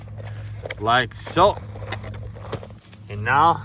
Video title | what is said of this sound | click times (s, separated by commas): UDIRC RC Car 1611 1/16 Scale - Review | and then once it is in the position, it locks in place like so. | 0.7 s